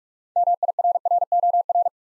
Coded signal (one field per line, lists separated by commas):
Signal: Morse code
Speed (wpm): 44 wpm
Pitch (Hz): 700 Hz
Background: none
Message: MIRROR